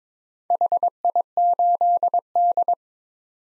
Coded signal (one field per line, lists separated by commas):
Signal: Morse code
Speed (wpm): 22 wpm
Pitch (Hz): 700 Hz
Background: none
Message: HI8D